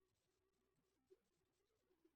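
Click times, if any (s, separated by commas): none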